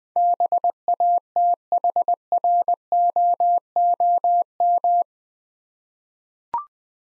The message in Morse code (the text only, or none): BATHROOM